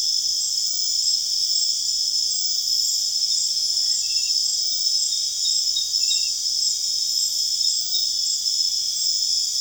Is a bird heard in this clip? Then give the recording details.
no. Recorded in secondary vegetation near Puerto Asís, Putumayo, Colombia, on 22 June 2025 at 20:30. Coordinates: 0.485, -76.322. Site GP06